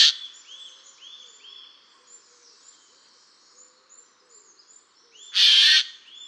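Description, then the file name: Eurasian jay giving a harsh, rasping screech lasting about half a second, after the cut-off end of an earlier call, with thin high songs of other small birds twittering throughout. "Garrulus glandarius"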